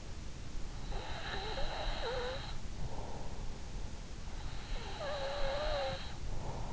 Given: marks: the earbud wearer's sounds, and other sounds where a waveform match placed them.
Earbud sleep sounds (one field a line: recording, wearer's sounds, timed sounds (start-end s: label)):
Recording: sounds in sleep by an in-ear microphone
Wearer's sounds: breath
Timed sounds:
0.50-2.85 s: breath
4.45-6.68 s: breath